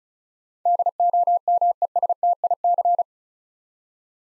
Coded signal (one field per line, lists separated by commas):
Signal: Morse code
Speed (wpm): 34 wpm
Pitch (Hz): 700 Hz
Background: none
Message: DOMESTIC